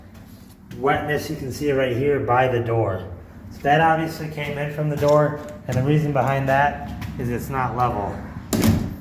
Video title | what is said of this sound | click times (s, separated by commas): Do These Sheds Leak Water?? | this actually is really not latching well but | none